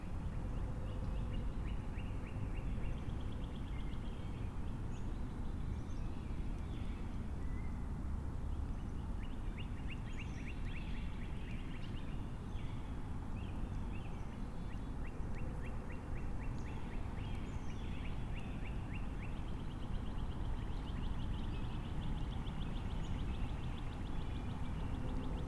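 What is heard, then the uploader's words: A low hardwood forest beside a creek, with a steady, dense rumble of road traffic filling the low end throughout. Over it, birds keep up frequent high chirps and quick repeated trills. Low hardwood forest along Sandstone Creek. Traffic noise as the property is bisected by a road.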